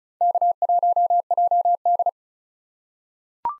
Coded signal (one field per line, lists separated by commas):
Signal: Morse code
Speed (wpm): 36 wpm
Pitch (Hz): 700 Hz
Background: none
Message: K1JD